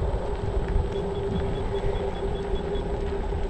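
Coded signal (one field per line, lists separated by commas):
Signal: none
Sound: scooter's warning beeps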